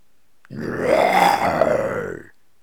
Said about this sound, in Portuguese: Um violento e inumano grito furou o silêncio.